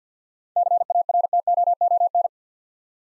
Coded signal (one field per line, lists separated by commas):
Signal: Morse code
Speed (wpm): 52 wpm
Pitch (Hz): 700 Hz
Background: none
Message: CARTOON